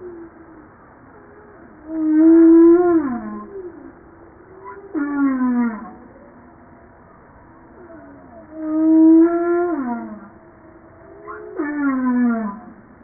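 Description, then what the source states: Humpback whale song: loud sustained moans sliding downward, alternating with sharply falling harmonic cries, the pair heard twice. Recorded 5 March 1994.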